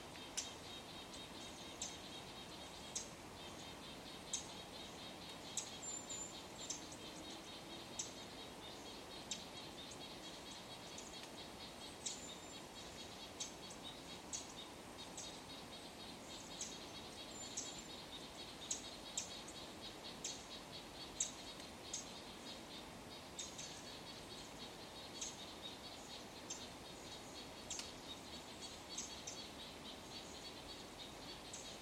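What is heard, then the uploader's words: Small birds call through a winter forest, with frequent high, thin chirps and short twittering notes scattered across the whole stretch. Underneath runs a steady low rumble of background noise, with no single loud event dominating. Forest Park in Winter. Forest Park, Portland, Oregon. High frequency calls of Downy Woodpecker, Golden-crowned Kinglet, Chestnut-backed Chickadee, Red-breasted Nuthatch, Black-capped Chickadee, Bushtit, Pacific Wren and others.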